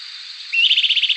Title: LuckyPassaro Completos2Sama. Bran-colored Flycatcher (Myiophobus fasciatus)